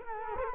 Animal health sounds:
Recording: mosquito wingbeat signal from an infrared sensor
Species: Culex quinquefasciatus

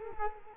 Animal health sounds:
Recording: mosquito wingbeat signal from an infrared sensor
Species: Culex quinquefasciatus

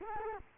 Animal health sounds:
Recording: mosquito wingbeat signal from an infrared sensor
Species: Culex quinquefasciatus

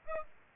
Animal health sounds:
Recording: mosquito wingbeat signal from an infrared sensor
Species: Aedes aegypti

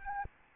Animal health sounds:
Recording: mosquito wingbeat signal from an infrared sensor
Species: Aedes albopictus

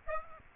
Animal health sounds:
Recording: mosquito wingbeat signal from an infrared sensor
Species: Aedes aegypti

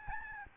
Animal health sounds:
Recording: mosquito wingbeat signal from an infrared sensor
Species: Aedes albopictus

